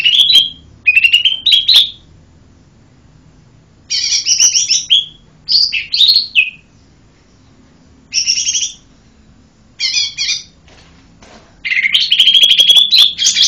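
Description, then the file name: Lesser green leafbird song: bright whistled phrases, some sliding upward, mixed with dense buzzy chatter bursts, delivered in short spurts separated by pauses, ending in a long rich warble. "cucak hijau mini. omkicau"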